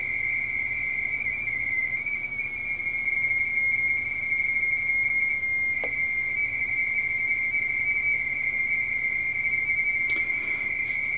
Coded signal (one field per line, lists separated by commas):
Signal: RTTY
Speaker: It's that PY2. He just keeps calling and calling. Print is getting pretty poor here.